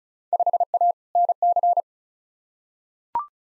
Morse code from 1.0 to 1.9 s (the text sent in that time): NC